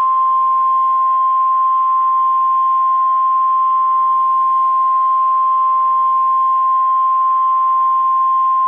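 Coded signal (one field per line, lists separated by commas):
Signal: Emergency Alert System (SAME) tones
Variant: 1050 Hz attention tone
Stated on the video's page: Fictional EAS scenario in which an EAS test is interrupted by something unprecedented.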